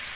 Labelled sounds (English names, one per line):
Magnolia Warbler flight call